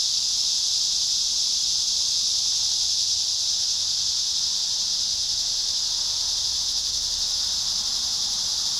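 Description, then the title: Cicadas sustain a shrill, continuous hiss with no pauses or changes in pitch from start to finish. Cicadas calling at Trinity. "neoscenes: cicadas at Trinity"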